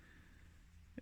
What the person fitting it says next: it snaps in place when you push these little spade connectors in